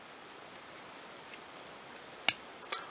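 A small squared-off snorkel filler knob at the end of the barrel of a vintage Sheaffer Pen For Men Mk V fountain pen, made in USA, is turned against a steady low hiss. It gives a sharp, bright click at 2.3 s, followed by a softer second tick at about 2.7 s. The knob has clicked open, releasing the snorkel tube so it extends out of the feed.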